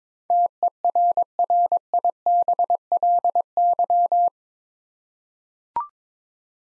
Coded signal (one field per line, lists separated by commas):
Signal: Morse code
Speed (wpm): 23 wpm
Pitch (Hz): 700 Hz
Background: none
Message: TERRIBLY